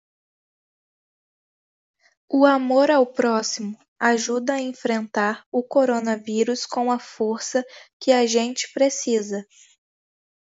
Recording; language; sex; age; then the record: spoken sentence; Brazilian Portuguese; female; 18 to 19 years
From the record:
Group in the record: control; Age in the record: 18 years